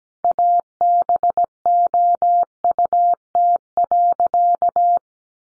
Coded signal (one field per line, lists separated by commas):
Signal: Morse code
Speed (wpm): 17 wpm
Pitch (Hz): 700 Hz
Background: none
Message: ABOUT.